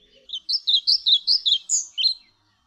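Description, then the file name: European pied flycatcher song: a rhythmic run of about nine high, sweet notes, evenly spaced, finishing with a slightly higher, then lower flourish. "Mucholowka zalobna"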